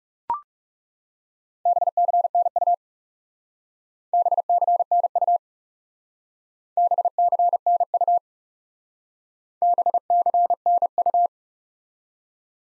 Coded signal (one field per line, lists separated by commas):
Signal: Morse code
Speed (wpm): 36 wpm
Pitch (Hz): 700 Hz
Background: none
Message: BCNU BCNU BCNU BCNU